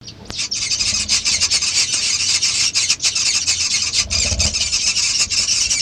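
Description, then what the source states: Vaux's swift wing sound: a dense, steady, hissing rasp of many wingbeats, flickering in quick pulses throughout. Wing sounds of a group of swifts.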